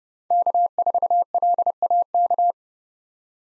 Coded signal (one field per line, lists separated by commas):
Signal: Morse code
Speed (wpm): 30 wpm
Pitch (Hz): 700 Hz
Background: none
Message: K4LAK